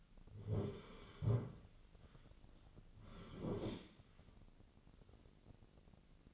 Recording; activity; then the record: daily activity, microphone in the room; sit down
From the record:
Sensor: 4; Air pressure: 1010.0 hPa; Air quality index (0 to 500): 196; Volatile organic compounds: 3 ppm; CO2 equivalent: 1409 ppm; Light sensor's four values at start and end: 38/92/38/41 and 38/92/38/41